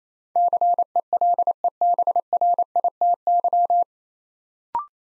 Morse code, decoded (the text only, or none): CELEBRITY